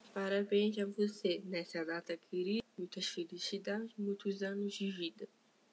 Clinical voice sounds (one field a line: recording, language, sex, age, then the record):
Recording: short text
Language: Brazilian Portuguese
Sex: female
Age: 20 to 29 years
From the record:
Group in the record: control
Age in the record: 23 years